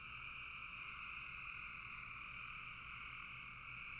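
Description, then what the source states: Frog chorus: many callers merge into one even, shimmering trill, two layered pitch bands running steadily from start to finish. Frogs calling in a bog.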